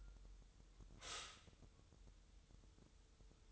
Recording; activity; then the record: daily activity, microphone in the room; stop toaster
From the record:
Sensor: 3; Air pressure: 988.6 hPa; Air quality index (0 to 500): 196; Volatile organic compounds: 317 ppm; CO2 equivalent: 4519 ppm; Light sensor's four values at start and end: 23/72/30/26 and 23/72/30/26